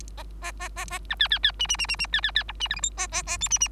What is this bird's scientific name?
Lonchura striata domestica